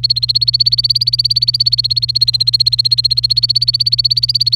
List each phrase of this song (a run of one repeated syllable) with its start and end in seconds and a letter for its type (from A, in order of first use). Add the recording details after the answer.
0.00-4.55 A. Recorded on 29 April 2018 at 16:00. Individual llb3